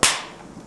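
A plastic BUG plug-in hardware module is fitted onto its base unit: its hook side is slipped under the base, then the front is pressed down until the latch engages. A single sharp, bright snap sounds at 0.0 s and fades away within about a quarter second. The module is seated with a reliable, secure connection.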